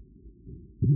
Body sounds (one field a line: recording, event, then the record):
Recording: neck accelerometer signal played as sound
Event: no cough (speech, laughter, throat clearing or background)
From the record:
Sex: male